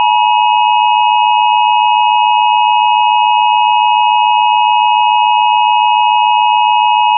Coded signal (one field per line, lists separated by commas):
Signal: Emergency Alert System (SAME) tones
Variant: 853 and 960 Hz attention tone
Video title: DASDEC II EAS Mock: If an Apple WEA was read by Siri for TV alerts… (BASED ON A TRUE ALERT)